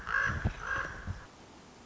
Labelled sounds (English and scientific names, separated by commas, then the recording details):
Common Raven (Corvus corax)
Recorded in Sonoma County, California